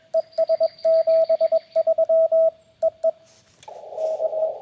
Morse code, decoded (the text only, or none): ES 73 EE K